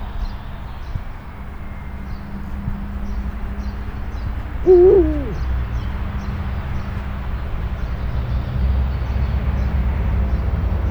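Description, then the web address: Eurasian eagle-owl giving one short hoot that rises and falls, heard once midway over a steady low rumble of road traffic. Captive bird in a zoo in Nyíregyháza, recorded in 2010 near a public road. "nyiregyhazizoo 2010 uhu kozutkozeleben"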